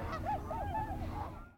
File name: tundra swan